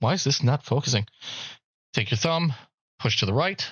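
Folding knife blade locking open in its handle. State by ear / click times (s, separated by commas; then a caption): not seated / none. Someone talks while handling a folding knife, about to push its bolster to the right with a thumb so the blade flips out of the side of the handle and locks open. Only speech is heard, with short pauses between phrases. Nothing has seated or clicked yet: the blade has not snapped out or locked.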